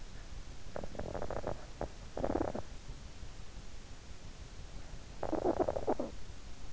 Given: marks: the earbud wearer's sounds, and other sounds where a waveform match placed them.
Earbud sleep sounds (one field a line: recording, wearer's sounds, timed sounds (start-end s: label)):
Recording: sounds in sleep by an in-ear microphone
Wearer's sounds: snoring breath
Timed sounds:
0.44-2.93 s: snoring breath
4.89-6.33 s: snoring breath